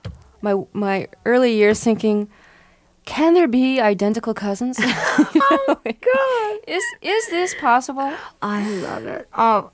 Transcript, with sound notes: my early years thinking, can there be identical cousins?
Oh, god. (Laughter).
Is this possible?
I love it.